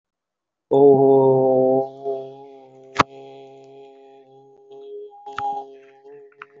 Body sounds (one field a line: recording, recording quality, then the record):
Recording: sustained vowel as in boot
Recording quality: moderate, slight background noise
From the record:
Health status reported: healthy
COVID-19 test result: not tested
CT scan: not taken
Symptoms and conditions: none ticked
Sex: male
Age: 25 years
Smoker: yes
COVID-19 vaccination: one dose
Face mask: worn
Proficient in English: yes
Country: India